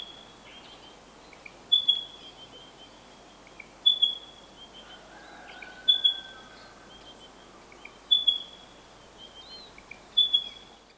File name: Pardalotus Punctatus